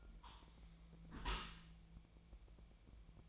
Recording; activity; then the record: daily activity, microphone in the room; close dishwasher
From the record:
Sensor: 1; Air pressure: 1000.5 hPa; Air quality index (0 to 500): 184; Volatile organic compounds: 4 ppm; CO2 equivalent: 1694 ppm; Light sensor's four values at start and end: 11/27/11/13 and 11/27/11/13